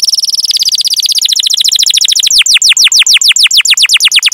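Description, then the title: Canary song: a fast high trill that slows into distinct descending swept notes. Kept songbird for bird-keeping hobbyists; lively singer with the finest song phrases and a rich fill-in repertoire. "Kenari Gacor Cengkok Terbaik Isian Paling Mewah Kenarigacor Kicaumania Kenari"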